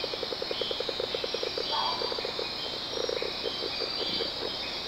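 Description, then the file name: Giant monkey frog calls: runs of short clicking pulses, several per second, broken by brief pauses, over a constant high insect buzz. "Phyllomedusa bicolor"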